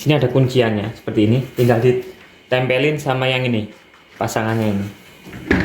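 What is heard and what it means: The plastic drip tray's locking tab of a COSMOS CWD 5603 water dispenser is handled and lined up with its matching catch on the dispenser body while someone talks. The clip ends before the part goes home, and nothing has seated or clicked yet.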